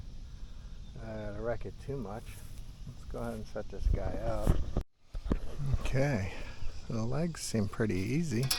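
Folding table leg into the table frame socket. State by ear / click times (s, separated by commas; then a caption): not seated / none. Someone talks outdoors while handling a metal folding table leg, fitting it toward its socket in the table frame as a folding desk is set up. Nothing has seated or clicked into place yet; the clip ends just before the leg goes home.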